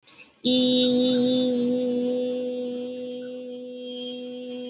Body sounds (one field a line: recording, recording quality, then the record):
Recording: sustained vowel as in beet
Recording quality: excellent, no background noise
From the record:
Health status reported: healthy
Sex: female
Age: 35 years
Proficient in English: yes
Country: India